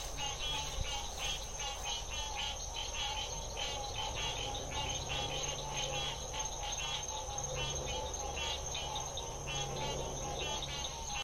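Frogs calling in a dense chorus of rapid pulsed trills, many overlapping callers throughout, with a steady high insect-like hum above and low rumbling noise beneath.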